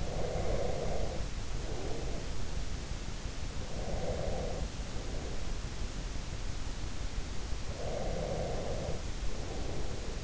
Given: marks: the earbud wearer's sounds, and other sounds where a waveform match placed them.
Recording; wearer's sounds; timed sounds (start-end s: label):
sounds in sleep by an in-ear microphone; breath
0.00-2.31 s: breath
3.62-5.57 s: breath
7.69-10.24 s: breath